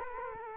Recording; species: mosquito wingbeat signal from an infrared sensor; Culex quinquefasciatus